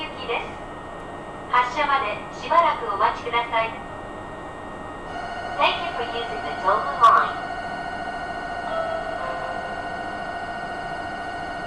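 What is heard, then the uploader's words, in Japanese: Inside a local train on a single-track line, brief spoken announcements sound over a low rumble, then a steady whining motor tone sets in midway. 秩父鉄道から東武東上線に乗り換えます。東武東上線 寄居→小川町。普通列車の4両編成のみで、単線区間になります。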